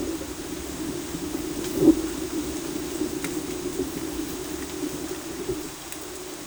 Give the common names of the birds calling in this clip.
none